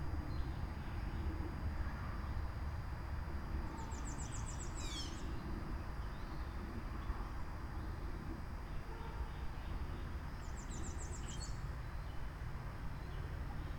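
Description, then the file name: Birds calling: two short, very high rapid trills several seconds apart, the first with a sharp chirp right after, over a continuous deep rumble. Recorded outside. "Birds Chirping outside Krucifix Productions"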